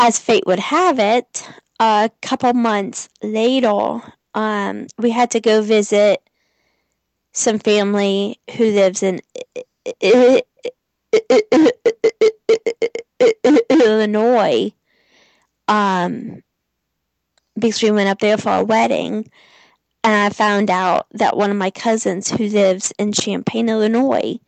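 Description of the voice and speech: Adult male speaker with stuttering, present since age 3 to 4. He had other speech impediments in early childhood and received speech therapy through school.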